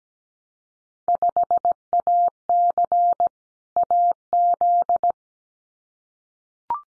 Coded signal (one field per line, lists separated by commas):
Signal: Morse code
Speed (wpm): 17 wpm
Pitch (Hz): 700 Hz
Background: none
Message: 5AC AZ